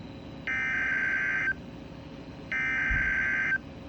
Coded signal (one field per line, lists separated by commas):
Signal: Emergency Alert System (SAME) tones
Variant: header bursts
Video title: NOAA Weather Radio - Tornado Warning (8/1/22)